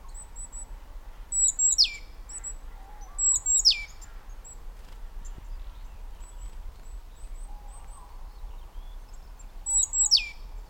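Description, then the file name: Great tit calling three times, high piercing notes that slide steeply downward, with a long pause before the last and soft lower notes between. "Parus major"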